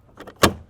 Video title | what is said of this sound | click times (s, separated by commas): Hobie QuickStart for your Island series sailing kayak. | until you hear that click. | 0.4 s